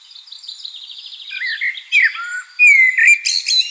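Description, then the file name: Common blackbird singing: faint high trill at first, then rich warbled whistles and a clear fluty note, ending in scratchy high squeaks. "Turdus merula"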